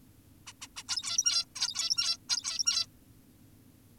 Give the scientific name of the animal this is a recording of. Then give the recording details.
Taeniopygia guttata. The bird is an adult. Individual g17y2U